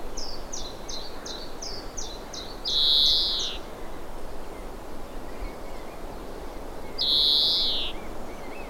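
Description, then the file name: European greenfinch giving a run of short high chirps followed by a drawn-out nasal wheeze, then a second wheeze about four seconds later. "Chloris chloris"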